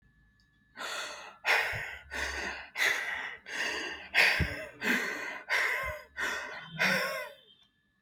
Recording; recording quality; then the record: shallow breathing; excellent, no background noise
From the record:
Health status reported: exposed to COVID-19, no respiratory illness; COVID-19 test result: negative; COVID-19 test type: rapid antigen test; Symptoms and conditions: cold, fatigue, muscle pain, diabetes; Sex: male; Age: 52 years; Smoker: no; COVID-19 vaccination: both doses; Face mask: not worn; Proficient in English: yes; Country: India